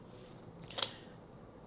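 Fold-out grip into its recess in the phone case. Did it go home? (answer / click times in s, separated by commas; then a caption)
yes / 0.8 s. The fold-out ArmorPop grip on the back of a Benks Lucent Pro case for an iPhone 16 Pro Max is pushed closed; a brief soft rustle is followed by a sharp plastic click at 0.8 s. The grip snaps back into its recess in the case and is seated.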